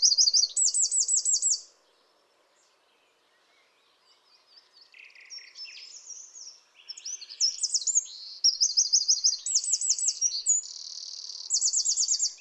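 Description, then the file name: Eurasian wren song: loud, very high rapid trills and buzzy rattles, a brief trill, a pause, then a long run of mixed trills and chattering notes. "Troglodytes troglodytes"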